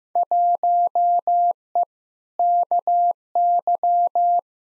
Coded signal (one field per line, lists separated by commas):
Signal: Morse code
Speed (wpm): 15 wpm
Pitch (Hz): 700 Hz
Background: none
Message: 1E KY